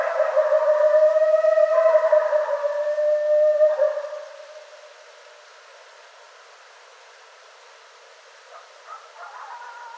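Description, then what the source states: Coyotes howling together, several overlapping drawn-out tones for about four seconds, then near silence with a few faint short yips near the end. Several coyotes, recorded 24 January 2013.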